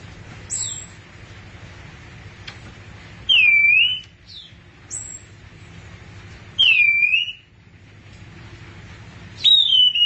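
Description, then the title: Thrush giving a clear whistled phrase that dips and rises, repeated roughly every three seconds, with brief high notes between. "burung anis x"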